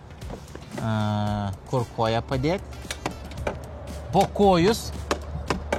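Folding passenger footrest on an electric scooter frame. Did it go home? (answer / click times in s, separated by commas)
no / none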